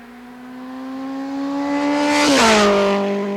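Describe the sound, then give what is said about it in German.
A motorcycle, presumably stolen and ridden by a fleeing female robber after a raid on the Bank of Jamaica in Kingston, revs with a steady, rising whine that grows louder, then its pitch suddenly drops as it roars past and speeds off up Queen Street. “Täterin mit vermutlich gestohlenem Motorrad auf der Flucht.”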